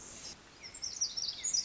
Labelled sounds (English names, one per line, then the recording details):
Pacific Wren
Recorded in Sonoma County, California